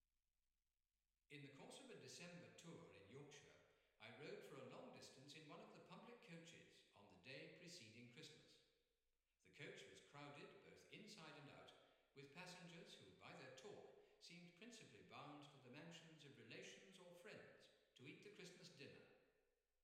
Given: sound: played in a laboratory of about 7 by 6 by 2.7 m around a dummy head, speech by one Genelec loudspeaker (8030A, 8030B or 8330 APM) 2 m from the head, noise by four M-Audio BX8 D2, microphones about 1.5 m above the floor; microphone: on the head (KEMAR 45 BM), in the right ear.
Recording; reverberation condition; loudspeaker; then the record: male speech in English; high; 30 degrees to the right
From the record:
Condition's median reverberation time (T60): about 1300 ms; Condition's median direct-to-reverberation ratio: about -4.0 dB